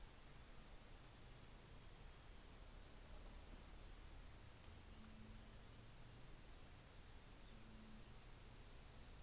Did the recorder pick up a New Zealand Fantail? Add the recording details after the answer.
no. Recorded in New Zealand on 24 December 2018. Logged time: 14:55